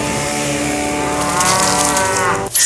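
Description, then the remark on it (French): A cow moos in one long, loud, sustained call with a rich harmonic drone, rising slightly in strain before cutting off abruptly near the end. “Ici, au Pet Shop, on a tout senti que les êtres humains étaient égaux quand on a vu la vache se séparer en deux.”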